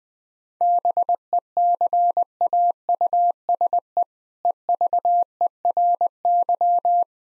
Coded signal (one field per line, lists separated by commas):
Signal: Morse code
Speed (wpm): 21 wpm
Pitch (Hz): 700 Hz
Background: none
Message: BECAUSE EVERY